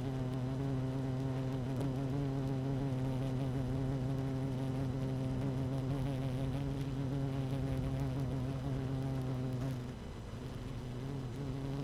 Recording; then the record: honeybee colony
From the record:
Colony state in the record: active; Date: 12 June 2018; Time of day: 13:44